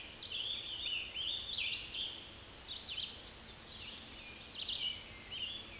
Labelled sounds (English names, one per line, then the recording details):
Scarlet Tanager song
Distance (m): 65 m
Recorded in a Pennsylvania forest on 19 May 2023 at 09:56
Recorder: AudioMoth, point grid1_34_low
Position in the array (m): 159 m, 72 m